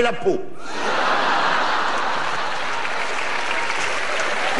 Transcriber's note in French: rires